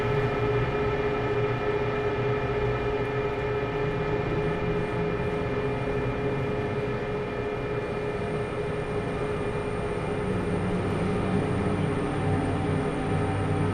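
A field recording from Saint Petersburg of a steady, dense rumble like a train or metro car in motion, with a low churning roar and sustained tonal hums running throughout. From about eight seconds, a thin high whine enters and holds to the end.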